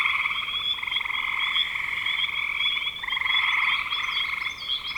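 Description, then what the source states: Frogs giving a continuous trilling chorus, rapid pulsed notes overlapping, with a faint chirping sound entering near the end over a steady high whine. Spring 2025.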